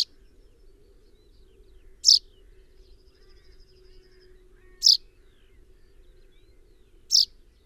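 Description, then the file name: Common chaffinch giving short, sharp high notes, three clear calls spaced about two and a half seconds apart over a faint low hum. "Fringilla coelebs"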